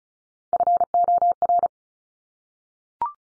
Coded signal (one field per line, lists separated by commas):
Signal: Morse code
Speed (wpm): 36 wpm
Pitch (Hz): 700 Hz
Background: none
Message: FOR